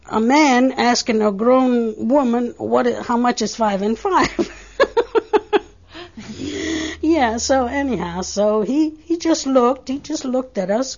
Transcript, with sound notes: A man asking a grown woman how much is five and five. ( she laughs ) Yeah. So, anyhow, he just looked, he just looked at us.